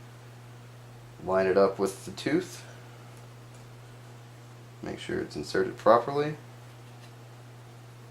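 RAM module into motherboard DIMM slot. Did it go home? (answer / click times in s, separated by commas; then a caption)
no / none. A second RAM stick is lined up with the tooth of a motherboard DIMM slot and handled in preparation for pushing it down. Someone talks in two bursts over a steady low hum. The stick has not seated or clicked yet.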